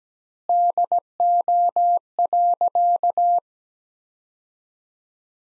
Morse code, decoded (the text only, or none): DO.